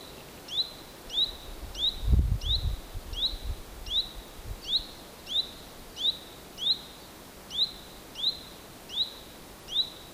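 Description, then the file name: Common chaffinch giving sharp, short metallic calls, each a quick downward flick, repeated steadily about twice per second throughout, with a brief low thump near the two-second mark. "Fringilla coelebs"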